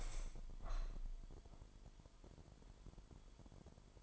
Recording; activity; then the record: daily activity, microphone in the room; open window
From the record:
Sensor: 5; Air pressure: 998.3 hPa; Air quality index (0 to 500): 89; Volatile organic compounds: 2 ppm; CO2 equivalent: 1020 ppm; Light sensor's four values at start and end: 20/49/20/22 and 20/49/20/22